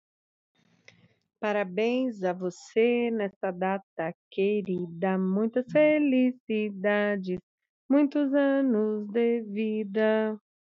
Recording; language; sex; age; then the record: short text; Brazilian Portuguese; female; 40 to 49 years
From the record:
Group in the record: control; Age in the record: 44 years